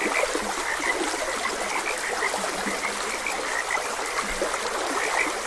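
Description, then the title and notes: Many frogs croak at once, short bright notes overlapping continuously, with a few lower croaks and the rush of a stream underneath. Frogs croaking beside a gentle stream. "Gentle Stream and Frogs Croaking. Sleep and Relaxation Podcast"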